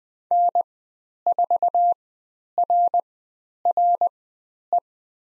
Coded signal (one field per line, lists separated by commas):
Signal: Morse code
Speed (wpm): 20 wpm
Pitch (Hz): 700 Hz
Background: none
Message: N4RRE